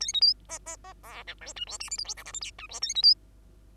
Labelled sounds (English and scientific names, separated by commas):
Bengalese Finch (Lonchura striata domestica) song